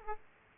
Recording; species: mosquito wingbeat signal from an infrared sensor; Aedes aegypti